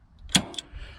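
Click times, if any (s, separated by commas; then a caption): 0.4 s. A caravan's hitch coupling, lowered onto an SUV's towball, has its locking handle pushed down and locks with a sharp metallic click at 0.4 s. A quieter secondary knock follows at about 0.6 s over a low background rumble, and the coupling is confirmed locked.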